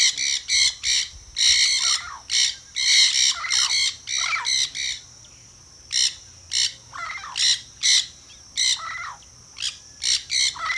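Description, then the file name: Parakeet squawks, loud grating screeches in quick clusters, a short lull midway, then spaced harsh calls resume. "nanday parakeet"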